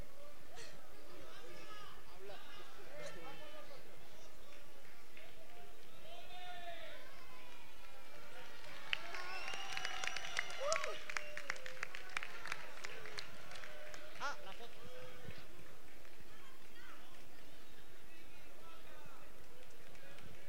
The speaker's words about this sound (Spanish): Bueno, ese aplauso para estas mujeres guapísimas que ya están coronadas y que están con sus bandas, con sus fotos, con sus besos.